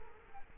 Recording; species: mosquito wingbeat signal from an infrared sensor; Culex quinquefasciatus